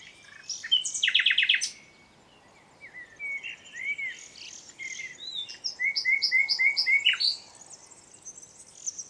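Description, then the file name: Common nightingale song with a short loud rattle of repeated notes, a pause, then rising whistled notes repeated in a quick series. "Luscinia megarhynchos"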